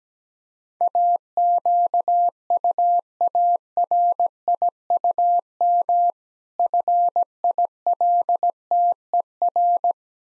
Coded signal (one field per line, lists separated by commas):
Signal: Morse code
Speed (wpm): 17 wpm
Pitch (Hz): 700 Hz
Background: none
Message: AQUARIUM FILTER